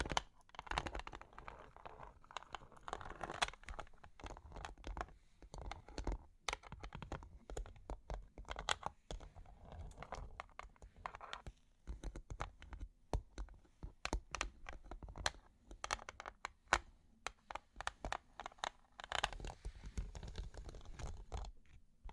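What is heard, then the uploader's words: Long claws tap and scratch in a busy, irregular run of sharp clicks, much like fast typing, with brief grinding scrapes between them. The clicks come in dense bursts with short pauses, around 3, 11 and 20 seconds, over a faint low rumble. Long Claws Tapping and Scratching (No Talking).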